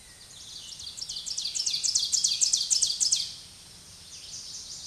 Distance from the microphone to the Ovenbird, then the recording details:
about 15 m. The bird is about 5 m above the microphone. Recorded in a Pennsylvania forest on 16 May 2024 at 06:31. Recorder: AudioMoth, point MSD-2083. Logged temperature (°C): 16.7 °C. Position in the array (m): 135 m, 5 m